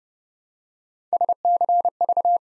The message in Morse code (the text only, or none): SCV